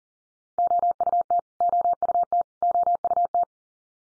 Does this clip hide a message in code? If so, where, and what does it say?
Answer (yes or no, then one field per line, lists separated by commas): yes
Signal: Morse code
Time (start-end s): 0.6-3.4 s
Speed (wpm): 40 wpm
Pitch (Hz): 700 Hz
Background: none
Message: OUT OUT OUT